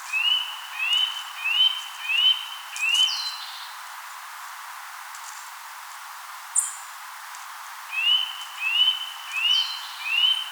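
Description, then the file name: Eurasian nuthatch calls: a run of five ringing upslurred whistles, a pause, then another run of four. Other birds add brief high notes in between. "Sitta europaea"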